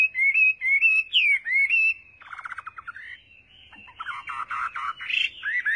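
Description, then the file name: Chinese hwamei song: clear looping whistles, a brief dry rattle, then a mix of quieter buzzy notes and varied whistled phrases. "Tieng hoa mi hot"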